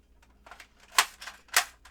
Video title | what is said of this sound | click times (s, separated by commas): [REVIEW] XShot Pro Magazine Refill Pack - Great For Many Blasters?? - [Tested & Compatibility Check] | just fine Old Dart Zone 12 will do it you'll hear a little click because there is a second latch in this adapter to hold specifically these mags | 1.0 s, 1.6 s